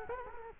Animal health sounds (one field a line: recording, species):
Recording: mosquito wingbeat signal from an infrared sensor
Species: Culex quinquefasciatus